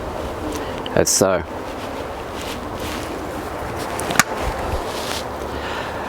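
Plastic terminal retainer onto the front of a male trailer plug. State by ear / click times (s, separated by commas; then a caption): seated / 4.2 s. A plastic terminal retainer is clipped onto the front of a male trailer plug to hold the terminals in, and it seats with a sharp click at 4.2 seconds. Someone talks briefly near the start over a steady background hiss.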